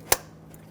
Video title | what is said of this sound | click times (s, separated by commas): How to Replace Ignition Coils 2005-2015 Toyota Tacoma 2.7L L4 | install the connector push until you hear a click | 0.1 s